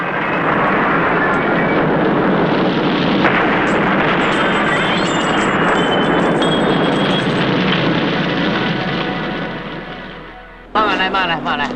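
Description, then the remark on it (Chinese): A gas explosion, set off after a man turned on the gas and left, bursts into a loud, sustained roar of rumbling, crackling noise that fills about ten seconds, fades slightly, then cuts abruptly to a brief wavering, warbling tone. “机灵的珍妮在爆炸时躲在沙发底下才幸免于死。”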